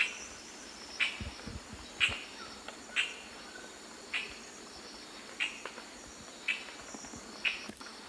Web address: Natures Songs S America Eastern Lowlands. Chloroceryle amazona, song and calls pair